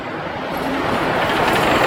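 Steady, dense roar of street traffic in Madrid on a cold Friday morning, with city buses rumbling past, a broad engine and tyre wash that swells slightly louder and holds without pause for the couple of seconds.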